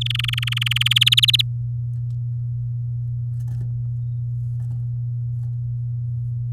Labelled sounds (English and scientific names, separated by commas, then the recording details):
Domestic Canary (Serinus canaria) song
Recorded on 8 May 2018 at 10:25
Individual llb16